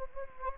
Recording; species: mosquito wingbeat signal from an infrared sensor; Anopheles gambiae